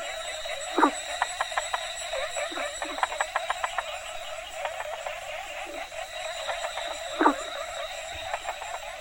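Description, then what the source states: Frogs calling in a mixed chorus: a steady background of rapid clicking pulses, with a couple of louder croaks standing out. A variety of Asian frog species.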